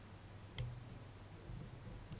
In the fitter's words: it just pops on